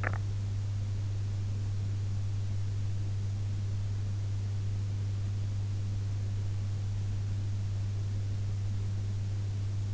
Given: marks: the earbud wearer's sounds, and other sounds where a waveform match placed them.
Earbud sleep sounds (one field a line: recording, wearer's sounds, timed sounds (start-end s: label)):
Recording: sounds in sleep by an in-ear microphone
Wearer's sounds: swallowing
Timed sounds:
0.00-0.33 s: swallowing